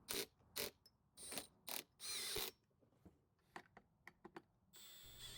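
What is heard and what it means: A screw is driven into a hole in the plastic housing of a Weedeater leaf blower during reassembly, making bursts of ratcheting, grinding mechanical noise. This is followed by sharp clicks at about 3.6 and 4.1 seconds and a steady whir at the end. The screw hole in the blower housing ends up stripped.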